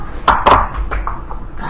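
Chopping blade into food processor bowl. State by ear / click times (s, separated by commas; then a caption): not seated / none. A chopping blade is fitted onto the drive shaft in the plastic bowl of a food processor, with two sharp clattering knocks at about 0.3 and 0.5 s and lighter taps at 0.9, 1.1 and 1.3 s. The blade has not seated or clicked into place yet; this attempt fails to lock home.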